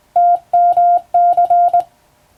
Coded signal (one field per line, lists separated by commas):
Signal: Morse code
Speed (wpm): 21 wpm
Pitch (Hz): 700 Hz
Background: none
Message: TMC